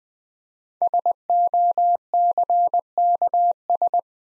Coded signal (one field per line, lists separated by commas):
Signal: Morse code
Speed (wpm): 20 wpm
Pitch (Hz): 700 Hz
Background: none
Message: SOCKS